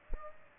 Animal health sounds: mosquito wingbeat signal from an infrared sensor; Aedes aegypti

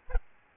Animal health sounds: mosquito wingbeat signal from an infrared sensor; Aedes albopictus

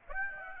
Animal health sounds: mosquito wingbeat signal from an infrared sensor; Aedes aegypti

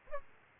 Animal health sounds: mosquito wingbeat signal from an infrared sensor; Aedes aegypti

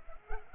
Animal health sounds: mosquito wingbeat signal from an infrared sensor; Culex pipiens

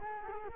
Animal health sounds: mosquito wingbeat signal from an infrared sensor; Culex quinquefasciatus

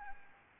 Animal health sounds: mosquito wingbeat signal from an infrared sensor; Anopheles gambiae

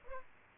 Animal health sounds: mosquito wingbeat signal from an infrared sensor; Aedes aegypti

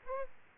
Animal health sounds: mosquito wingbeat signal from an infrared sensor; Aedes aegypti

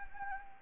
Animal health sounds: mosquito wingbeat signal from an infrared sensor; Anopheles arabiensis

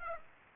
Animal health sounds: mosquito wingbeat signal from an infrared sensor; Aedes aegypti

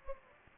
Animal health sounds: mosquito wingbeat signal from an infrared sensor; Anopheles gambiae

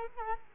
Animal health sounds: mosquito wingbeat signal from an infrared sensor; Culex quinquefasciatus

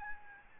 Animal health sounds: mosquito wingbeat signal from an infrared sensor; Aedes albopictus

